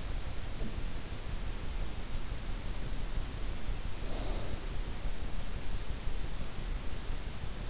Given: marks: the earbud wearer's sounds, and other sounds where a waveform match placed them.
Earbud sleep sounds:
sounds in sleep by an in-ear microphone; snoring breath
3.73-4.50 s: snoring breath

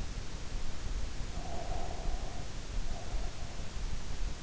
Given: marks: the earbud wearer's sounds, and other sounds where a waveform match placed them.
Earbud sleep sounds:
sounds in sleep by an in-ear microphone; breath
1.10-3.57 s: breath

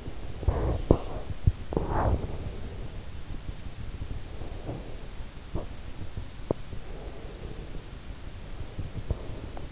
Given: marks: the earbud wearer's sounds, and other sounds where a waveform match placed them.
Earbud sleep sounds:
sounds in sleep by an in-ear microphone; teeth grinding, breath
0.32-6.77 s: teeth grinding
6.78-9.72 s: breath

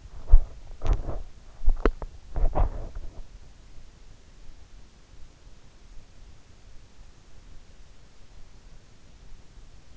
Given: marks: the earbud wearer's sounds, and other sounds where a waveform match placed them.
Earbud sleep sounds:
sounds in sleep by an in-ear microphone; teeth grinding
0.00-3.07 s: teeth grinding

